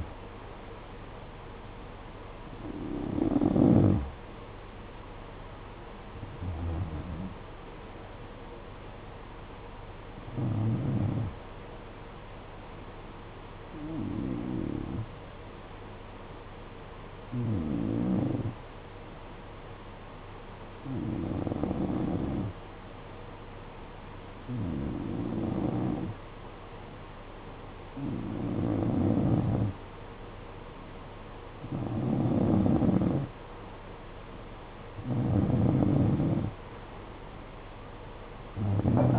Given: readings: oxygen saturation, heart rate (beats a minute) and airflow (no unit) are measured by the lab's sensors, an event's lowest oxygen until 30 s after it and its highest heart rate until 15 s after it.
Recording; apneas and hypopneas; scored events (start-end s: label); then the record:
breathing in sleep by a voice recorder at the bedside; 1
14.00-31.60 s: hypopnea (N1, oxygen 93% highest, then 89% lowest, heart rate 55 at the start, 68 highest)
18.00-39.19 s: new sleep stage, N2 (light sleep)
From the record:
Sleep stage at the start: N1 (lightest sleep); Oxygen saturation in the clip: 89 to 93%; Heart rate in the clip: 55 to 62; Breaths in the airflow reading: 11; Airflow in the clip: -9.4 to 6.6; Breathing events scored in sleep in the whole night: 476 in 9.7 hours asleep